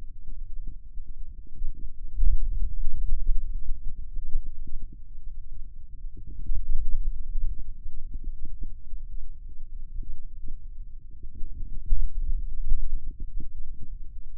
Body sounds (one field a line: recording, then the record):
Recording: forearm muscle sounds (acoustic myography)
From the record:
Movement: hand opening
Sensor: system 2, bracelet of six BSWA MPA416 microphones around the upper forearm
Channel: 5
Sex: male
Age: 22 years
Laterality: right